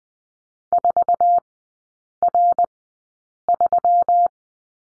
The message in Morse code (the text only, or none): 4R3